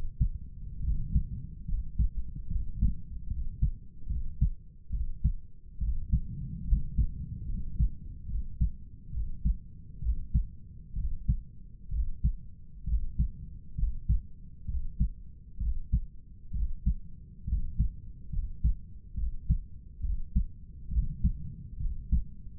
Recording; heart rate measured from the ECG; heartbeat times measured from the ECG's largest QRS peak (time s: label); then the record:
heart sounds by stethoscope; 69 bpm
0.84 s: heartbeat
1.69 s: heartbeat
2.51 s: heartbeat
3.31 s: heartbeat
4.10 s: heartbeat
4.94 s: heartbeat
5.82 s: heartbeat
6.68 s: heartbeat
7.49 s: heartbeat
8.30 s: heartbeat
9.14 s: heartbeat
10.03 s: heartbeat
10.97 s: heartbeat
11.93 s: heartbeat
12.88 s: heartbeat
13.79 s: heartbeat
14.69 s: heartbeat
15.61 s: heartbeat
16.55 s: heartbeat
17.48 s: heartbeat
18.33 s: heartbeat
19.18 s: heartbeat
20.04 s: heartbeat
20.92 s: heartbeat
21.81 s: heartbeat
From the record:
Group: healthy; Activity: rest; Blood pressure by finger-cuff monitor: 136/90 mmHg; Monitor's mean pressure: 102 mmHg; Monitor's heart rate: 70 bpm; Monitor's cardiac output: 7.1 L/min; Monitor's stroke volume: 103 mL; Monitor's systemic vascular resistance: 1050 dyn s/cm5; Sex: male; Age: 30 years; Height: 188 cm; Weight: 110.2 kg